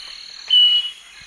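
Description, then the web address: Southern nightingale-wren: a single steady, pure whistled note lasting about a third of a second, with droning insects continuing behind it. Recorded in the Eastern Lowlands of South America. "Natures Songs S America Eastern Lowlands 488 Southern Nightingale-Wren"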